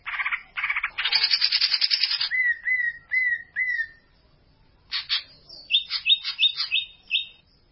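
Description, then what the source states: Greater green leafbird song opening with a harsh buzzy burst, then four short falling whistles, a pause, and a quick series of sharp repeated chips. Singing of a champion songbird, local name cucak ijo.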